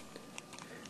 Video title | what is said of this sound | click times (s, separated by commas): How to Cable a Computer Jack, RJ45, Cat.5E, Cat6, Cat6A, cat7, Cat8 | it in like this see how it goes right in just like that it snaps right in looks good | 0.4 s